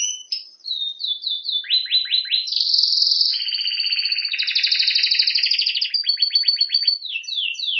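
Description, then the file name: Canary song, a continuous stream of quick downslurred notes leading into long buzzy rolled trills, high and bright throughout. "Canary Voice"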